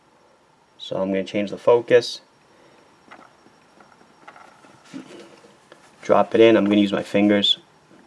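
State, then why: Not seated. A small watch gear's pivot pin is handled by finger over its jewel bearing in a watch movement plate, with someone talking at the start and end. Faint small taps and rustles are heard between about 3.1 and 5.7 seconds. Nothing has seated or clicked yet.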